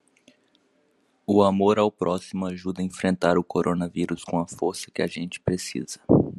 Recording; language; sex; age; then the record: spoken sentence; Brazilian Portuguese; male; 18 to 19 years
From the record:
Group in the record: control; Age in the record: 18 years